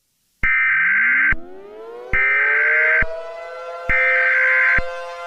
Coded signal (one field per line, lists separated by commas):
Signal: Emergency Alert System (SAME) tones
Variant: header bursts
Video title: EAS scenario The Black Hole